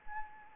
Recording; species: mosquito wingbeat signal from an infrared sensor; Anopheles arabiensis